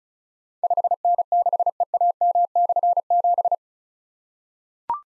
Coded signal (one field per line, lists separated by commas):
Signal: Morse code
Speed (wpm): 36 wpm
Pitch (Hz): 700 Hz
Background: none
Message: 5N6EAM/7